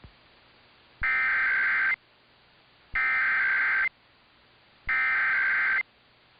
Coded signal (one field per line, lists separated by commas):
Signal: Emergency Alert System (SAME) tones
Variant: header bursts